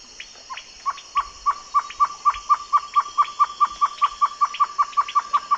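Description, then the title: Bird call: a steady series of short, clipped notes repeated about four times per second, each with a fainter higher click, over a high hiss. "LuckyPassaro Completos2Sama"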